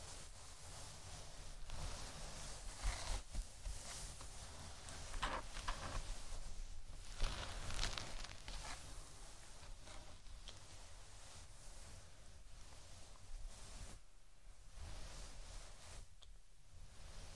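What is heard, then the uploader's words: Scratching of fluffy ears: a dense, rustling scrape that carries on without pause, bright and hissy over a low rumble. The strokes swell and fade irregularly, growing briefly quieter near fourteen and sixteen seconds before picking up again. ASMR ~BRAIN MELTING~ Scratching Your Fluffy Ears.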